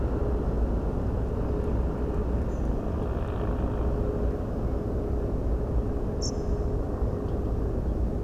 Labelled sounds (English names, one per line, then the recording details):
Spotted Flycatcher
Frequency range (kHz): Spotted Flycatcher 5.0-8.0 kHz
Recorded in France